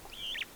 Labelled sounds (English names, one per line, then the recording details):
Superb Starling flight call
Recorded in Kenya